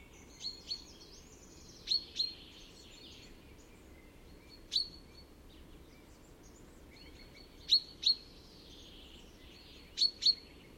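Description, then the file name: Common chaffinch calls: short, sharp high chips mostly in pairs, repeated every few seconds, with faint thin whistles and low steady noise behind. "Fringilla coelebs"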